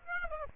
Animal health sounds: mosquito wingbeat signal from an infrared sensor; Aedes aegypti

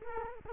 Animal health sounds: mosquito wingbeat signal from an infrared sensor; Culex quinquefasciatus

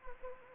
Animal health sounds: mosquito wingbeat signal from an infrared sensor; Anopheles gambiae

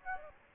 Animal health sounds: mosquito wingbeat signal from an infrared sensor; Aedes aegypti

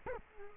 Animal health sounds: mosquito wingbeat signal from an infrared sensor; Culex quinquefasciatus

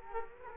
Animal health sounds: mosquito wingbeat signal from an infrared sensor; Culex quinquefasciatus

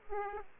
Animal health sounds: mosquito wingbeat signal from an infrared sensor; Aedes aegypti

